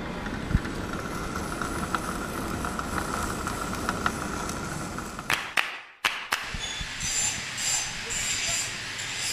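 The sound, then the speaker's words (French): Metal bell-mounting brackets, which fix a bell to its yoke, being ground with a power grinder: a steady, harsh rasping hiss with a whining tone and scattered clicks, briefly cutting out midway before resuming with a higher, screeching edge. “est en train de meuler ce qu'on appelle aussi les brides. Donc c'est une partie métallique qui va servir à la fixation de la cloche sur le joug.”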